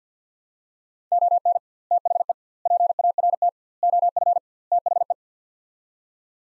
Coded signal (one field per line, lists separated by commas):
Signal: Morse code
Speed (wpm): 50 wpm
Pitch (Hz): 700 Hz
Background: none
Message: ON THE PART OF THE